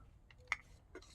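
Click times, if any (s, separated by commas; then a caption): 0.5 s. A folding plastic part on a Zeta Toys Superion combiner set transforming robot toy, which keeps folding in on itself, is pushed back into position. A sharp, bright click sounds at 0.5 s, with fainter small ticks around 0.3 s and 0.9 s. The part clicks back into place and is seated.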